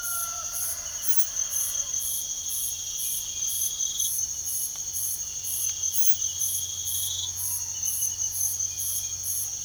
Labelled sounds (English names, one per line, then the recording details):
none
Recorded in pastures near Puerto Asís, Putumayo, Colombia, on 9 March 2025 at 05:30
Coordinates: 0.497, -76.327
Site G072